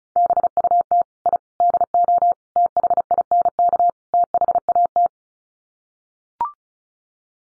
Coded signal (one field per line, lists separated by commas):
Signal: Morse code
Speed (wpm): 34 wpm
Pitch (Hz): 700 Hz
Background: none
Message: BUT I DO THINK THAT